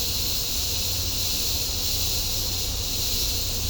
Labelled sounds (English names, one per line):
none